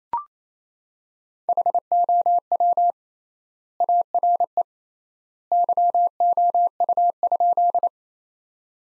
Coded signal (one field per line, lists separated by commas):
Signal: Morse code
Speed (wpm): 28 wpm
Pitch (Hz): 700 Hz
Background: none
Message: HOW ARE YOU?